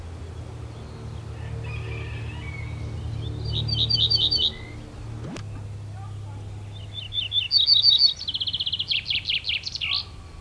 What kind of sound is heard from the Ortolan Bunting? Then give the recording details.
song. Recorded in the wild. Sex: male. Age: adult. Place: Schloß Holte-Stukenbrock, Senne, Nordrhein-Westfalen, DE. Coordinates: 51.8531, 8.6525. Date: 1972-05-22. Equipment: Uher 4200 Report Stereo, Bändchenmikro Beyer M 260, Parabolspiegel Polyester (600 mm). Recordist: Conrads, Klaus. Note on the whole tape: Forellenzucht nördlich Furlbach (Furlbach-Gebiet). Männchen: Gesang